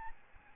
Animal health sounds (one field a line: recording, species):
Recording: mosquito wingbeat signal from an infrared sensor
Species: Aedes albopictus